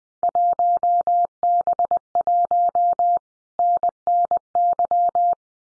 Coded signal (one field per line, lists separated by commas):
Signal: Morse code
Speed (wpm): 20 wpm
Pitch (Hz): 700 Hz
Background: none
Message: 1B1 NNY